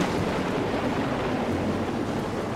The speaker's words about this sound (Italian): Il temporale si è trasformato in un nubifragio ed è saltata la corrente